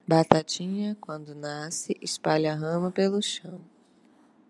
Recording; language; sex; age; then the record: short text; Brazilian Portuguese; female; 30 to 39 years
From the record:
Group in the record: control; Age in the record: 30 years